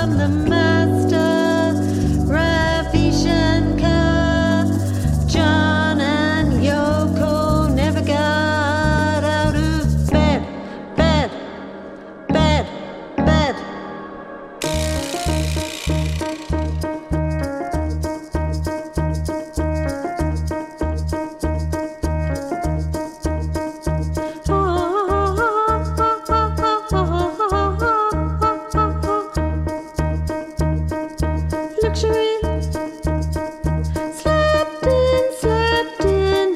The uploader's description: Taj Palace Hotel in India